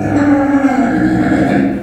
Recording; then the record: squeal of a Yucatan mini pig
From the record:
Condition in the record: after surgery on the right vocal fold (resection and tissue-engineered implant); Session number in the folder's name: 3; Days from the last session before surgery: 21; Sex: female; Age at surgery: 19 weeks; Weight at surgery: 25 kg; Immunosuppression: prednisolone